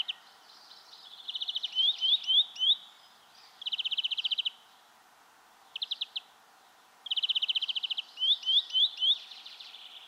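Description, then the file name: European greenfinch: fast trilled rattles in bursts mixed with quick rising twittered notes, several series over ten seconds, against a quiet background. "Chloris chloris"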